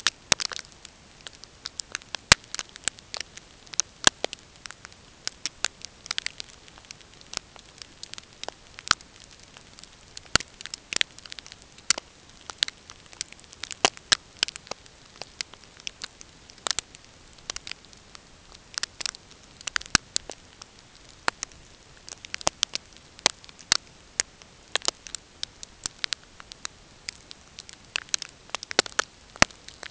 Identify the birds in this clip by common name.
none